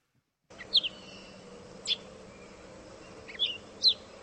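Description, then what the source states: Gray Catbird song: a few sparse, squeaky high chirps and short notes separated by pauses. Talkative, squirrely mimid imitating songs, including red-eyed vireo and goldfinch, filtered through a squeaky tone; nesting by the river outside the studio.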